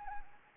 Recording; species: mosquito wingbeat signal from an infrared sensor; Anopheles gambiae